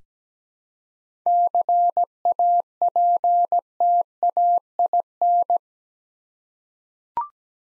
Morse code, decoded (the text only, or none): CAPTAIN